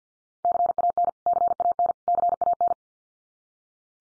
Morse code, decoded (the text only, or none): CAN CAN CAN